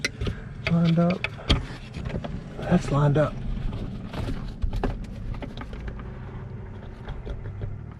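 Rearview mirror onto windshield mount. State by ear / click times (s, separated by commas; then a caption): not seated / none. Someone talks while lining up the rearview mirror and sliding it onto its windshield mount during a windshield replacement on a 2015-2023 Dodge Charger/Chrysler 300, with short scraping and tapping sounds along the way. The mirror has not clicked into place; it fails to seat because the clip is too wide.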